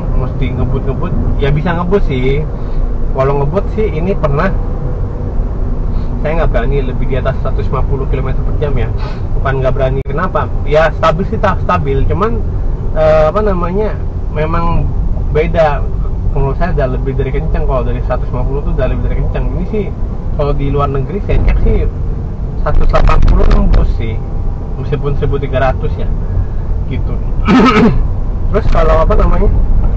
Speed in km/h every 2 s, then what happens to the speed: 41, 38, 40, 35, 33, 30, 30, 28, 30, 34, 31, 30, 32, 30, 31.
0-14 slows to 28. 14-18 speeds up to 34. 18-30 steady at about 31.